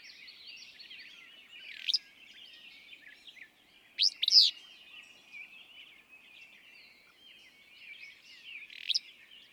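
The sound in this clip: Willow flycatcher song: a burry two-part phrase midway, with single sharp notes before and after, set against a busy wash of high twittering from other birds.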